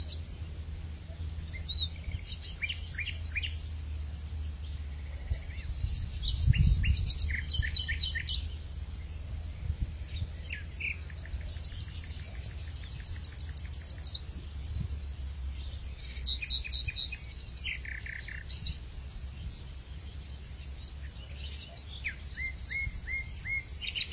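Birds chirp and trill in scattered bursts over a steady, high insect drone, while a low breeze rumbles underneath, gusting briefly around seven seconds.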